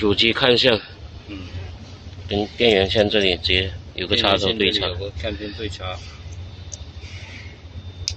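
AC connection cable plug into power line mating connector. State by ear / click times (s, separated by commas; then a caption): seated / 6.7 s, 8.1 s. A plastic plug on a V221 air-conditioning connection cable, from a G-wagon interior upgrade kit, is pushed into its mating plug on the power line while someone talks over a steady low hum. Two sharp clicks sound at 6.7 s and 8.1 s as the connector seats fully.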